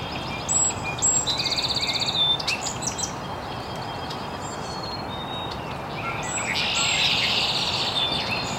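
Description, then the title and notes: Birds chirping: a rapid stuttering trill in the first seconds, then quieter tweets and a long buzzy chatter near the end, over steady hiss. Recorded very early in the morning in an estuary. "Birds Chirping in the Early Morning. Original sounds of birds chirping very early in the morning in an estuary"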